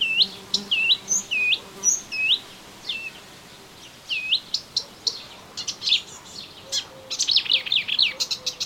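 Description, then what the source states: Melodious warbler song, a series of clear up-and-down whistled notes repeated in quick succession, then a rapid jumbled chatter of high notes. Recorded in a garden on 25 June 2017.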